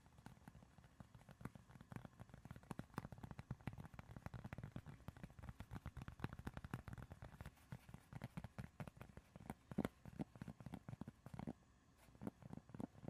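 Tapping and scratching go on without a break for the whole thirteen seconds, a dense run of quick, uneven clicks and scrapes with a soft low rumble beneath. The taps come in irregular clusters, thinning slightly near the end, with a few sharper knocks standing out.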